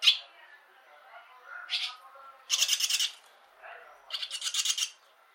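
A bird gives a sharp chirp, a few softer notes, then two bursts of fast, scratchy rattling pulses.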